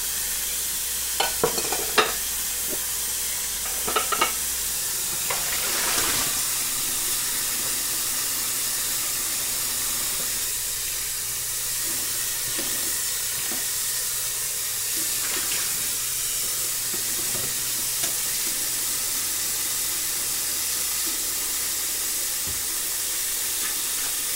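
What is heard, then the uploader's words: Washing dishes, with a steady hiss of running water throughout. Sharp clinks and knocks of dishes cluster in the first few seconds, near 1–2 and 4 seconds, then come more sparsely around 6, 15 and 17–18 seconds. A low hum runs underneath for most of the clip. The soothing sounds of washing dishes. The gentle sound of running water mixed with the clinking of dishes.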